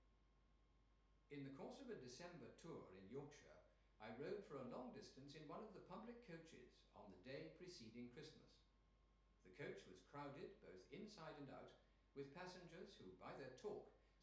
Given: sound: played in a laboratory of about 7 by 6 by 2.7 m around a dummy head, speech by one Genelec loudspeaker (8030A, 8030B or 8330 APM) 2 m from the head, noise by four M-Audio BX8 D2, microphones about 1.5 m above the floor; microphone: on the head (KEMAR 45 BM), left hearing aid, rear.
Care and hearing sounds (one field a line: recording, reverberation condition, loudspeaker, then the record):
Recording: male speech in English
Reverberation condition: medium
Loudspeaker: in front (0 degrees)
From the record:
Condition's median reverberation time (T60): about 510 ms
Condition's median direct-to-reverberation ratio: about -0.5 dB